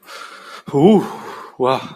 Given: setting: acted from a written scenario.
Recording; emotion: vocal sound without words; relief